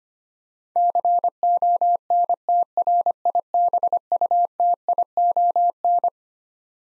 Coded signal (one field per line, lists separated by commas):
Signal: Morse code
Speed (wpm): 25 wpm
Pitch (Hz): 700 Hz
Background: none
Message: CONTRIBUTION